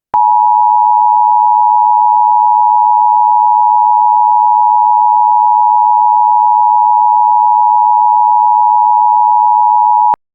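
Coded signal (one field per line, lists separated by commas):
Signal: Emergency Alert System (SAME) tones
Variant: 853 and 960 Hz attention tone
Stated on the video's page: Fictional EAS scenario depicting a simple EAS error.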